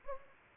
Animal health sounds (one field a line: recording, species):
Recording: mosquito wingbeat signal from an infrared sensor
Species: Anopheles gambiae